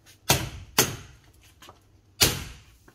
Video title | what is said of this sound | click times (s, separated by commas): Precision door | Snap. That's the interlocker back in. | 0.3 s, 0.8 s